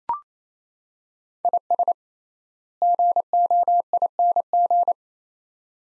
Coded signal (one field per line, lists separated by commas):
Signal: Morse code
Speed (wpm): 28 wpm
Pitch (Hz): 700 Hz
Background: none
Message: IS GOING